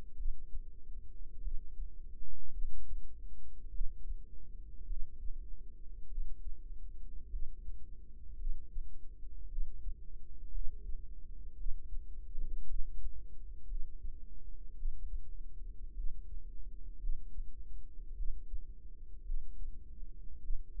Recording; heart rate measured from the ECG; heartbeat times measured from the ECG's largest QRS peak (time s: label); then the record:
heart sounds by microphone in the right ear; 53 bpm
0.16 s: heartbeat
1.42 s: heartbeat
2.52 s: heartbeat
3.71 s: heartbeat
4.87 s: heartbeat
6.08 s: heartbeat
7.30 s: heartbeat
8.38 s: heartbeat
9.49 s: heartbeat
10.52 s: heartbeat
11.57 s: heartbeat
12.67 s: heartbeat
13.68 s: heartbeat
14.76 s: heartbeat
15.95 s: heartbeat
17.00 s: heartbeat
18.16 s: heartbeat
19.24 s: heartbeat
20.41 s: heartbeat
From the record:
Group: healthy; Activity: rest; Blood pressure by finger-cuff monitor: 107/63 mmHg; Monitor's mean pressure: 80 mmHg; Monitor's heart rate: 55 bpm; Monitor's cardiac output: 5 L/min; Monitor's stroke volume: 94 mL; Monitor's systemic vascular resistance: 1170 dyn s/cm5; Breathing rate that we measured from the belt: 21 breaths a minute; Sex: female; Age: 28 years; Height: 170 cm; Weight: 77 kg